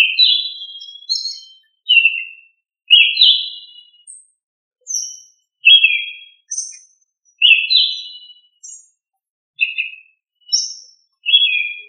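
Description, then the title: Sabiá (thrush) song of short whistled phrases, each about a second apart, mostly falling slurs with higher thin notes mixed in, no other sounds. "Familia Turdidae - Sabia"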